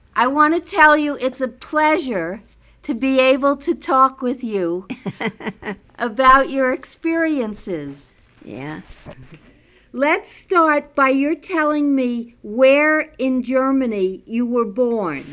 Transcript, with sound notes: I want to tell you, it's a pleasure to be able to talk with you (laughs) about your experiences.
Yeah.
Let's start by your telling me where in Germany you were born.